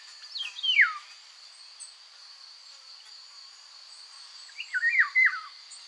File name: Loriot-d’Europe-Oriolus-oriolus